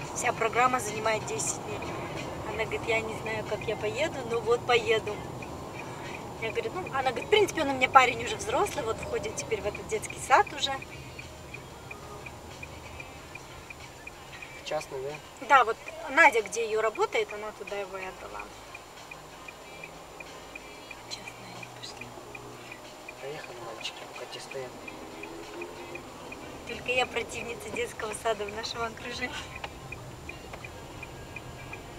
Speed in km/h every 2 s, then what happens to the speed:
43, 41, 40, 38, 33, 26, 18, 12, 10, 4, 2, 0, 0, 14, 17, 17.
0-19 slows to 2. 19-25 standing. 25-32 pulls away to 17.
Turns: none.